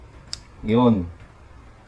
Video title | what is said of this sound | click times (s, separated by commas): Step by Step Tool Free Keystone Jack Module Installation | Oh, di ba nag-lock na? | 0.3 s